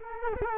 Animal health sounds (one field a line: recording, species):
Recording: mosquito wingbeat signal from an infrared sensor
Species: Culex quinquefasciatus